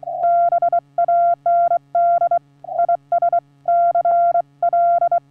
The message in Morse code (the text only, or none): BAND IS CL